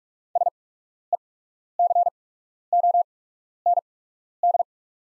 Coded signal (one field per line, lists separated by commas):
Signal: Morse code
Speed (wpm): 44 wpm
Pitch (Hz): 700 Hz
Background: none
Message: SECOND